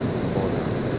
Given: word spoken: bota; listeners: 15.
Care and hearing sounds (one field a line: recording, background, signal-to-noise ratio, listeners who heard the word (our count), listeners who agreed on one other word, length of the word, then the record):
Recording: one Spanish word in noise, from a listening test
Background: speech-shaped noise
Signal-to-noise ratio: -6.0 dB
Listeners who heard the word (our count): 0 of 15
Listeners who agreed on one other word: 7 of 15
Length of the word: 0.59 s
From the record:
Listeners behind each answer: 7, 2, 2, 1, 1, 1, 1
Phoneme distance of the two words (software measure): 10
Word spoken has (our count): 2 syllables, 4 phonemes, stress on syllable 1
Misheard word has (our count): 2 syllables, 4 phonemes, stress on syllable 1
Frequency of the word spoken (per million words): 4.50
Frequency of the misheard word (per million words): 14.05